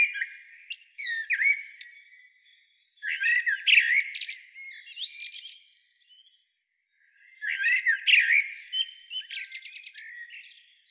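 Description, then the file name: Eurasian blackbird singing: fluted warbling phrases that break into squeaky, high twittering, several phrases separated by pauses. "Turdus merula"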